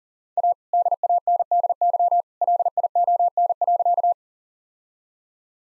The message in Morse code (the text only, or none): A DANDY LION.